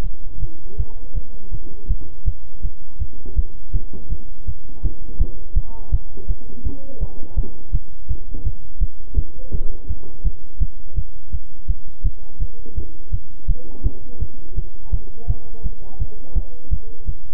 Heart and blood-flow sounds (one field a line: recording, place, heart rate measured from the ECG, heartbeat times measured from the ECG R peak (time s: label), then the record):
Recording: heart sounds by stethoscope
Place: between the tricuspid and mitral areas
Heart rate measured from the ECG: 166 bpm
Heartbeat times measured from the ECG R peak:
0.02 s: heartbeat
0.39 s: heartbeat
0.77 s: heartbeat
1.13 s: heartbeat
1.50 s: heartbeat
1.87 s: heartbeat
2.24 s: heartbeat
2.61 s: heartbeat
2.98 s: heartbeat
3.35 s: heartbeat
3.72 s: heartbeat
4.09 s: heartbeat
4.45 s: heartbeat
4.81 s: heartbeat
5.18 s: heartbeat
5.54 s: heartbeat
5.90 s: heartbeat
6.27 s: heartbeat
6.63 s: heartbeat
6.99 s: heartbeat
7.35 s: heartbeat
7.71 s: heartbeat
8.07 s: heartbeat
8.43 s: heartbeat
8.79 s: heartbeat
9.15 s: heartbeat
9.51 s: heartbeat
9.87 s: heartbeat
10.23 s: heartbeat
10.59 s: heartbeat
10.95 s: heartbeat
11.31 s: heartbeat
11.67 s: heartbeat
12.03 s: heartbeat
12.39 s: heartbeat
12.75 s: heartbeat
13.11 s: heartbeat
13.47 s: heartbeat
13.83 s: heartbeat
14.19 s: heartbeat
14.55 s: heartbeat
14.91 s: heartbeat
15.27 s: heartbeat
15.62 s: heartbeat
15.98 s: heartbeat
16.34 s: heartbeat
16.70 s: heartbeat
17.05 s: heartbeat
From the record:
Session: bicycle stress test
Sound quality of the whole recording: good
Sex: male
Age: 26 years